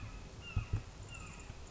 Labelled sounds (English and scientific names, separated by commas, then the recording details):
Red-shouldered Hawk (Buteo lineatus)
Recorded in Sonoma County, California